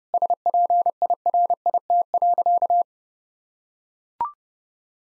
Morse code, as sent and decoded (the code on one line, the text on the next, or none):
... .--. .. .-. .. - .-.-.-
SPIRIT.